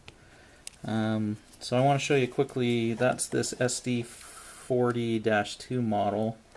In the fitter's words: there it is and it snaps back into place